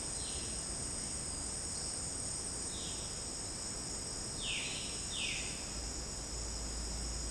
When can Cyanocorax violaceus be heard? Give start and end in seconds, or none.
0.10-0.64, 2.70-3.15, 4.31-5.64